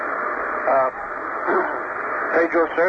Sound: clears throat